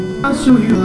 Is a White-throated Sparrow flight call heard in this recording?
no